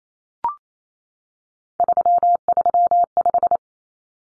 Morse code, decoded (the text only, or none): 335